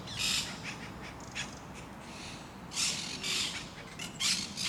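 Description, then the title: Parakeets letting out short bursts of harsh, scratchy squawks, separated by brief quieter gaps. Parakeets at Parc de Forest, Saint-Gilles, Belgium; recorded with a Sony PCM-D100 using internal microphones in the wide position. "Parc de Forest, 1060 Saint-Gilles, Belgique - Parakeets - Perruches"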